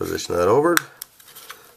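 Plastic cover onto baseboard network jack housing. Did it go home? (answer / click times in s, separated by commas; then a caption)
yes / 1.5 s. Someone talks while the plastic cover of a baseboard network jack housing for a Cat 5 cable is positioned over the terminated jack and pressed on. A few light taps follow, and then a sharp click at 1.5 s as the cover snaps into place, forming one unit with the housing.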